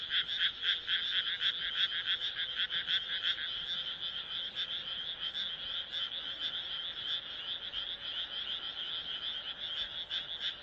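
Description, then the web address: Frog croaks in a fast pulsing chorus, louder and more distinct at first, then settling into a steady rattling drone. "kaeru kaeru"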